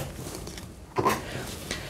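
A DDR3 server RAM module that was only resting in its DIMM slot on a Dell PowerEdge C1100 server motherboard is pressed fully home. Two clicks are heard at 1.0 s and 1.7 s as the slot's retaining tabs latch, over a low background hum. The module is seated, its tab now sitting further in than the others.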